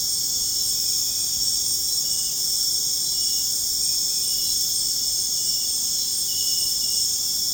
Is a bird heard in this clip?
no